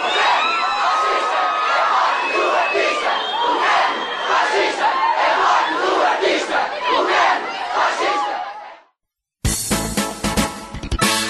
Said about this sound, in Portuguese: Já quando, há uns anos, acho que em 2008, José Sócrates visitou este espaço, os gritos que se ouviam eram estes, tal como hoje.